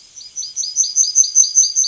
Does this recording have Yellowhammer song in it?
yes